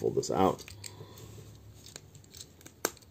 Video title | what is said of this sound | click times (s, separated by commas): Transformers Studio Series Hot Rod Review | click that into place fold his foot in | 2.8 s